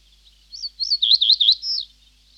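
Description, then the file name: Reed bunting song: one short phrase of high, looping, warbled notes rising and falling, ending in a drawn-out slurred note. "Reed Bunting (Emberiza schoeniclus)"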